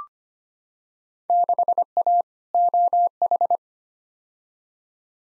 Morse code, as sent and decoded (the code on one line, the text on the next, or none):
-.... .- / --- ....
6A OH